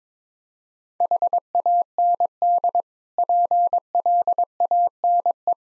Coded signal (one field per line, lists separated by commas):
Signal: Morse code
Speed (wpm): 22 wpm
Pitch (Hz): 700 Hz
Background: none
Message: HAND PLANE